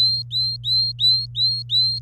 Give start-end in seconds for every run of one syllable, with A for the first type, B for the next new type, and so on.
0.00-1.99 A